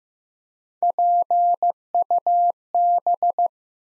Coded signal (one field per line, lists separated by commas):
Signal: Morse code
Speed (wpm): 15 wpm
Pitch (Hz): 700 Hz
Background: none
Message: PUB